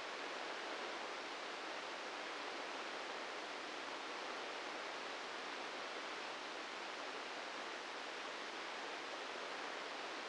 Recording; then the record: brain microelectrode recording played as sound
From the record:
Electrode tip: inside the subthalamic nucleus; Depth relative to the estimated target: -1 mm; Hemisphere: left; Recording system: NeuroSet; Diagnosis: Parkinson's disease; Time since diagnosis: 13 years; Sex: male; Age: 65 years